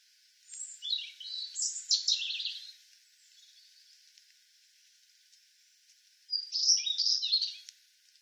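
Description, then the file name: European robin with a jumbled phrase of thin high whistles and rapid trills, a silent pause, then another sparkling warbled phrase. "Erithacus rubecula"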